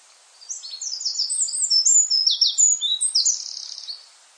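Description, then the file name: Eurasian wren singing one rapid, very high song of sharp trills and chattering notes, lasting about three and a half seconds, over faint background hiss. "Scricciolo"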